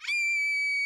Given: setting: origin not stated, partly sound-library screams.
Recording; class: one-second piece from a danger detection set; woman in danger